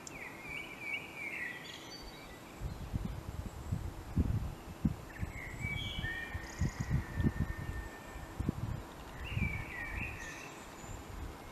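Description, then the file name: Common blackbird fluted song phrases in three spaced bursts, mixed with low irregular rumbling thumps and a steady hiss. "Turdus merula"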